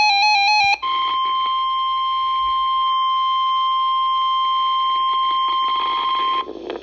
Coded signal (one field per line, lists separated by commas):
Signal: Emergency Alert System (SAME) tones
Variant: 1050 Hz attention tone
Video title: EAS severe thunderstorm warning fail for Adams county PA